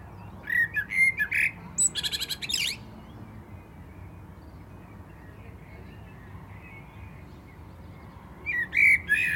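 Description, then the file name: Common blackbird giving a short warbled phrase with a buzzy high flourish, then a pause of about six seconds before another fluted phrase begins. "Turdus merula"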